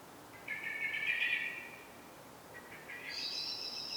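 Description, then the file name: Common blackbird song, two soft warbled phrases, the second sliding up into a thin high note, over steady background hiss. "Turdus merula"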